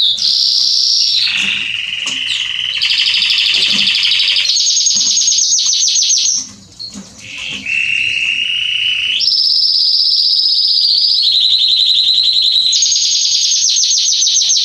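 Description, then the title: Canary song made of sustained rolling trills that jump between high and lower pitches, each tour lasting one to three seconds, with a short dip near the middle. Male Belgian canary singing at length, recording intended for training and warming up young canaries. "Canary Training Esquente Seu Filhote E Canario Belga Macho Cantando Muito CANTO DO CANRIO"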